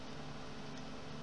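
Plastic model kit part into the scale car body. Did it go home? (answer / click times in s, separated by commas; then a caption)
no / none. A small plastic part from a Revell 1/32 scale C3 Corvette model kit is handled and fitted against the plastic model car body. A steady low hum with broadband background noise continues throughout. Nothing has seated or clicked yet.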